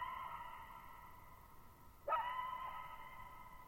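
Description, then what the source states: Coyote barking once after a fading howled tone, the call leaving a long, smooth echo tail in near silence. Lone coyote at night, July 14, 2019, near Thirtymile Meadows, Okanogan National Forest, Okanogan High Country, 6400 ft (1950 m); shallow bowl-shaped meadow, boggy ground.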